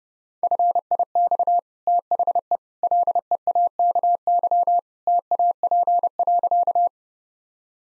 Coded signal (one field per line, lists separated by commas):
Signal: Morse code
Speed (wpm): 32 wpm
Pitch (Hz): 700 Hz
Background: none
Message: FIX THE LEAKY TAP.